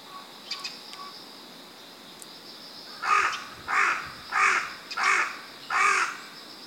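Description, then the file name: Carrion crow calling five rough, even caws spaced roughly 0.7 seconds apart, over a constant high-pitched hum, with faint notes just before. "Corvus corone"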